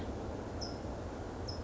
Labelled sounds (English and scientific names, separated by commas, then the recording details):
California Towhee (Melozone crissalis)
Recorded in Sonoma County, California